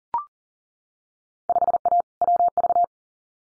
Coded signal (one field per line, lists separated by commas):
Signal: Morse code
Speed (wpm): 37 wpm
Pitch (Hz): 700 Hz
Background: none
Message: 5A WV